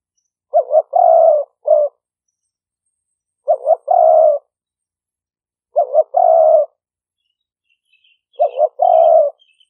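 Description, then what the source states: Spotted dove cooing, a short double note followed by a longer drawn coo, phrases repeated about every two and a half seconds, with faint high chirps near the end. Vietnamese cooing style called "5 hậu".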